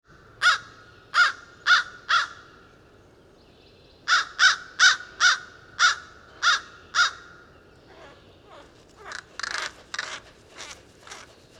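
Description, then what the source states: American crow cawing, harsh caws in two bursts, four then seven, followed by fainter, rougher calls. Natural conditions; ending 7:54 a.m., May 26th, 2019, across Route 22 from the Rattlesnake Mountain trailhead, Willsboro, Essex County, New York; recorded with a Tascam DR100 Mark III.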